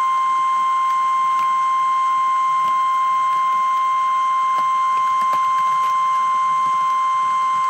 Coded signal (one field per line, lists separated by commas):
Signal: Emergency Alert System (SAME) tones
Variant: 1050 Hz attention tone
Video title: REAL EAS 655-Severe thunderstorm warning